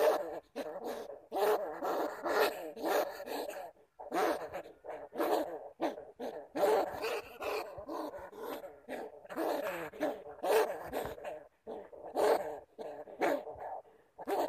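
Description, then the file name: Bamboo rat giving many short, harsh, grating calls in quick series, with brief breaks. "Tieng dui keu"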